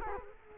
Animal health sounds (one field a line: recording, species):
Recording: mosquito wingbeat signal from an infrared sensor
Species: Culex quinquefasciatus